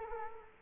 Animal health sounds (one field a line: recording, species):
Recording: mosquito wingbeat signal from an infrared sensor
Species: Culex quinquefasciatus